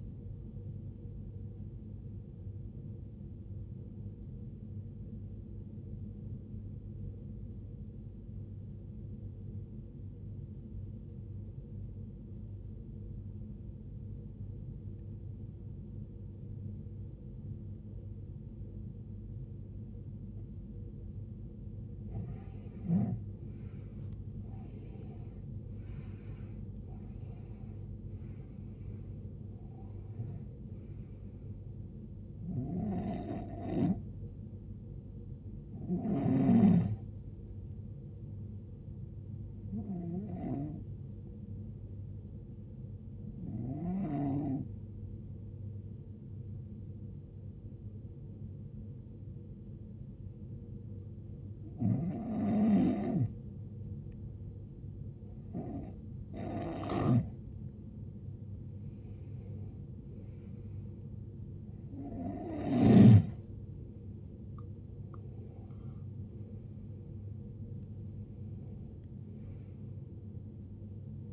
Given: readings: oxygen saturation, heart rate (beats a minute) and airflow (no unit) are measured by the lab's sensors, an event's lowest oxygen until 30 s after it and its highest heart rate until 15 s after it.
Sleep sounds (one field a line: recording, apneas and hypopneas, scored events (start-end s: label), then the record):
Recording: breathing in sleep by a smartphone at the bedside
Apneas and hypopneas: 2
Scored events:
7.00-22.00 s: obstructive apnea (N1, oxygen 95% highest, then 85% lowest, heart rate 66 at the start, 75 highest)
42.00-61.70 s: hypopnea (N1, oxygen 95% highest, then 90% lowest, heart rate 74 at the start, 78 highest)
From the record:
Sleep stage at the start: N1 (lightest sleep)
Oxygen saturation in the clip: 85 to 95%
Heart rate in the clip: 63 to 78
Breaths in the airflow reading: 14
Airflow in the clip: -17.3 to 16.0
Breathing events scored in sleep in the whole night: 389 in 6.3 hours asleep